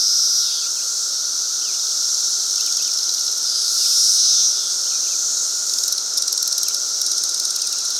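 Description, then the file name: Periodical cicadas droning in a continuous shrill chorus that swells around the middle, with fast rattling pulses near the end. Several cicadas recorded at 3:52 PM on Memorial Day 2024, during the 2024 periodical cicada emergence. "Fox Ridge Bluff Cicadas"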